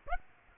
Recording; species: mosquito wingbeat signal from an infrared sensor; Aedes aegypti